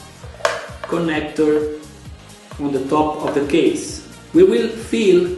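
A hard disk is slid into a media player's drive bay and pushed onto its top connector, giving a short, sharp click at 0.4 s that shows the disk is seated and well inserted. Someone talks throughout, with music playing in the background.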